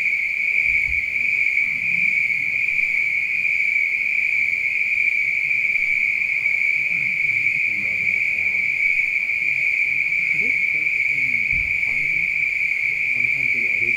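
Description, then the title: Spring peepers calling en masse, their high piping blended into a continuous, even, shrill whine that holds steady throughout, with faint low rumbles beneath. Recorded at night. "neoscenes: night peepers"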